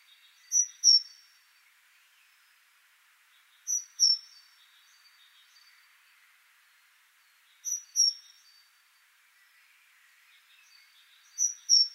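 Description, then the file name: Great tit giving evenly spaced two-note whistles, high and ringing, about every three and a half seconds over a soft hiss. "Parus major"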